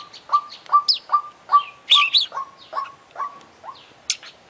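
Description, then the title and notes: Oriental magpie-robin song: a fast run of short notes near one pitch, about two or three each second, each with a quick upswept flick, ending in a high sharp note. Champion singer (juara), singing vigorously (gacor); from a compilation of selected tutor songs (masteran) for training songbirds. "Kacer Juara Gacor. Kumpulan Suara Burung Masteran Pilihan"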